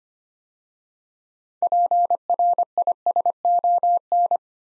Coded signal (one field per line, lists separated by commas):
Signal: Morse code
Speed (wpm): 25 wpm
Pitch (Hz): 700 Hz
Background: none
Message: PRISON